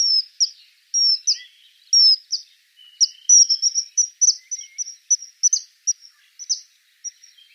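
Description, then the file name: Common kingfisher calls: piercing high whistles, some doubled, in quick irregular bursts, with a faint lower whistle in the background. "Eisvogel"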